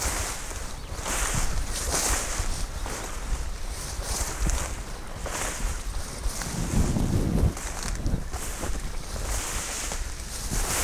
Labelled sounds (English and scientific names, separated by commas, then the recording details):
Corn Crake (Crex crex)
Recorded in the wild
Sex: male
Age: adult
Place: Schwedt/Oder, Nationalpark Unteres Odertal, Brandenburg, DE
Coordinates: 53.0394, 14.2955
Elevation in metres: 1
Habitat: grassland
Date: 2017-06-19 20:26
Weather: clear, 18°C, weak wind from East
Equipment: Olympus LS-3, Olympus ME31
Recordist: Frommolt, Karl-Heinz
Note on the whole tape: Polder B des Nationalparks Unteres Odertal: Rufreihe eines Wachtelkönigs. Annäherung an den Vogel während der Aufnahme